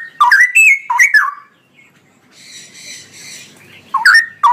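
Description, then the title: Straw-headed bulbul song: loud bubbling phrases at the start and end, with a quieter buzzy chatter in between. Male; described in Indonesian as gacor (singing persistently) with a loud voice and long 'ROoo EL' phrases; master recording for training songbirds. "GILEEE Cucak ROWO Jantan GACOR Suara Lantang ROoo EL Panjang"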